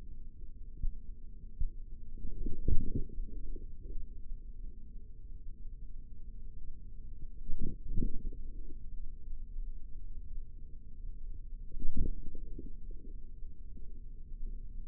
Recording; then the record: forearm muscle sounds (acoustic myography)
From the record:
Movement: forearm pronation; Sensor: system 3, bracelet of six PUI Audio POM-2738L microphones around the upper forearm, with dedicated amplification and filtering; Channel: 6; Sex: male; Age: 55 years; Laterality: right